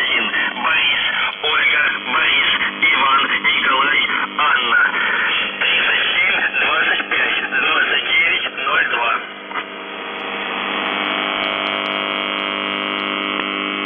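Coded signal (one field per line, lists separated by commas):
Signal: numbers station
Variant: UVB-76 (The Buzzer)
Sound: distorted radio voice speaking for about nine seconds, then a steady droning hum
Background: radio static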